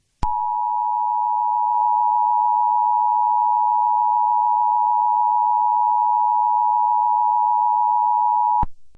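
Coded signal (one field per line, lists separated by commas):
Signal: Emergency Alert System (SAME) tones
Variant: 853 and 960 Hz attention tone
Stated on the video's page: Fictional EAS scenario with text-to-speech and borrowed siren sounds.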